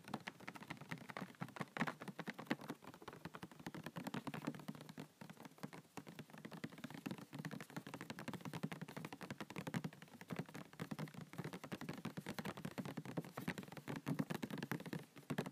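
Tapping and scratching on a nail box, a dense, busy stream of small sharp clicks and rattles running the whole way through. The taps come quickly and irregularly, like patter, with brief thinner moments around two, five and ten seconds.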